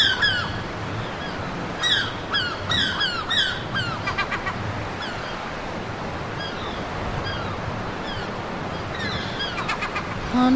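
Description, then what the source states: Gull calls, clusters of nasal, falling squawks from several birds early on and again near ten seconds, over a constant wash of beach noise. Seagulls at a beach.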